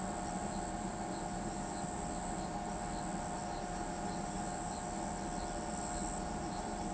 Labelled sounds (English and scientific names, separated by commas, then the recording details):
none
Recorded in pastures near Pivijay, Magdalena, Colombia, on 14 April 2023 at 00:00
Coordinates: 10.456, -74.369
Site P6-G026